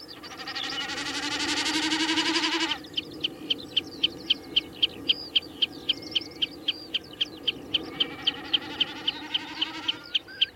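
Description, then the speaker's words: Common snipe drumming: a loud, throbbing, bleating hum lasting nearly three seconds, then rapid sharp chipping notes about four per second. Drumming in the air at spring dawn and chippering calls from the ground on upland heather moor. "spring dawn, the air throbs with drumming snipe or their chippering calls from the ground."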